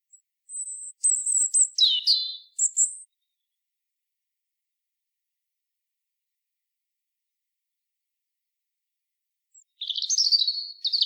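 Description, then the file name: European robin song: a high sustained whistle leading into a fluttering, descending warble; a long silence follows before another rapid, jangling high phrase. "Erithacus rubecula"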